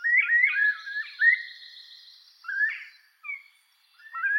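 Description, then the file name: Northern bobwhite whistles, overlapping rising notes in a quick run, then single upslurred phrases after pauses, with a thin high drawn-out tone early on. "canto da perdiz da virginia"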